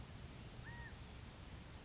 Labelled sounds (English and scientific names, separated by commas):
California Quail (Callipepla californica)